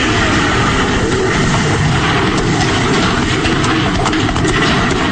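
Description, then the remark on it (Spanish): Horses gallop across a collapsing bridge, hooves pounding beneath a loud, continuous rumbling roar of collapsing timber and debris, a dense wall of crashing noise that never lets up across the whole stretch. “El puente se derrumba en su totalidad justo en el momento en que Calimán impulsa a los caballos a llegar hasta el otro lado”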